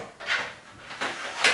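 A front dust filter is pressed into a PC case front panel, with soft scraping, pressing sounds around 0.3 s and 1.0 s. It snaps home with a single sharp click at 1.5 s, seated in place.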